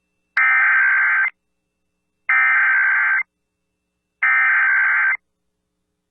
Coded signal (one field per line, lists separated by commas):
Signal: Emergency Alert System (SAME) tones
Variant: header bursts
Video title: EAS Alaska AMBER Alert Statewide Test (Child Abduction Emergency) KINY-AM Juneau, AK